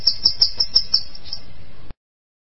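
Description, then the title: Bananaquit song, a fast string of very high, evenly spaced tinkling notes lasting under two seconds. "Canto De Cambacica"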